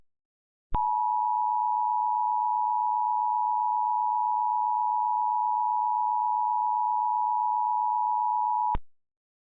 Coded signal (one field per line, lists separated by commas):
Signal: Emergency Alert System (SAME) tones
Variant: 853 and 960 Hz attention tone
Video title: EAS Mock: "Morristown Tornado Troubles" (Requested)